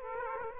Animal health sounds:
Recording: mosquito wingbeat signal from an infrared sensor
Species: Aedes aegypti

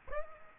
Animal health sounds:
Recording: mosquito wingbeat signal from an infrared sensor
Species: Aedes aegypti

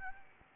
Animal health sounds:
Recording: mosquito wingbeat signal from an infrared sensor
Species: Anopheles gambiae

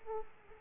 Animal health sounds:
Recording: mosquito wingbeat signal from an infrared sensor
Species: Aedes aegypti

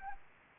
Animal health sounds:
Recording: mosquito wingbeat signal from an infrared sensor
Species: Anopheles arabiensis

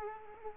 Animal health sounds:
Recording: mosquito wingbeat signal from an infrared sensor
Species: Culex quinquefasciatus

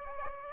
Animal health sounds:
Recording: mosquito wingbeat signal from an infrared sensor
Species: Aedes aegypti

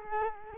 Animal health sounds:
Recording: mosquito wingbeat signal from an infrared sensor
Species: Culex quinquefasciatus

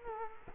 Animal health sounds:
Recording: mosquito wingbeat signal from an infrared sensor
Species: Culex quinquefasciatus

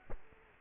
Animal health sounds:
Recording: mosquito wingbeat signal from an infrared sensor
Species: Culex quinquefasciatus

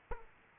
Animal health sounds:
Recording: mosquito wingbeat signal from an infrared sensor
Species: Aedes aegypti

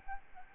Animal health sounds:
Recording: mosquito wingbeat signal from an infrared sensor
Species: Aedes albopictus

